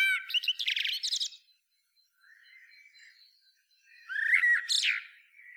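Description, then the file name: Eurasian blackbird ending a phrase with rapid high twittering, a soft subdued warble, then a fresh loud phrase of slurred notes and squeaks. "Turdus merula"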